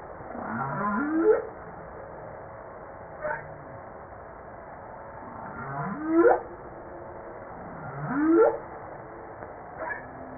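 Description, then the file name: Humpback whale song: several rising, swooping moans with brief fainter calls between them. Recorded 5 March 1994. "Baleine a bosse 940305"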